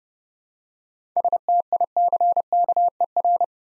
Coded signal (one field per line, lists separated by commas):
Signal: Morse code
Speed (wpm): 30 wpm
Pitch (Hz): 700 Hz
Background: none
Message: STICKER